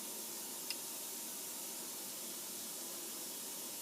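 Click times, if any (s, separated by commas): 0.7 s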